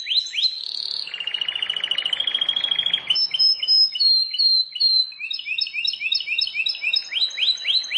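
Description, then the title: Plain prinia song: upward-sweeping chirps, a long buzzy trill of rapid pulses, then repeated clear whistled notes and bouncing high chirps. "Ciblek Sawah"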